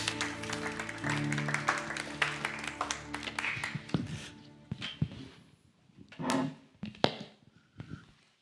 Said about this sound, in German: Gib mir mal einen kräftigen Applaus.